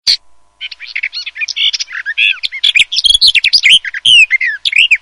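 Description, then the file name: Garden warbler song: a fast, continuous, rich warble of varied chattering and slurred notes running for over four seconds without a break. "BECCAFICO"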